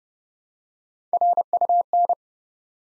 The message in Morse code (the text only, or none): RUN